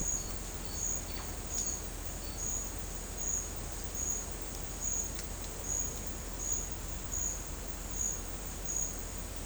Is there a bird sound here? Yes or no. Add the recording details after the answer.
no. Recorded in dense forest near Puerto Asís, Putumayo, Colombia, on 20 December 2024 at 12:30. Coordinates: 0.466, -76.327. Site G075